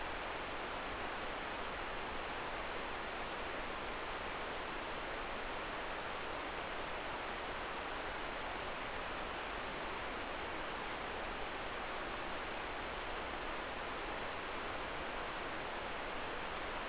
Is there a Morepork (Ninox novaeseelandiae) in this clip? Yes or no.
no